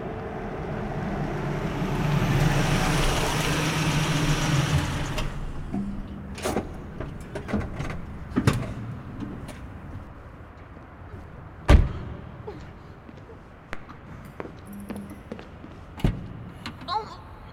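A car with headlights on drives in through the entrance of an employee parking lot, a swelling wash of engine and tire noise for several seconds, then goes quiet, followed by scattered clicks and thumps, including one sharp bang.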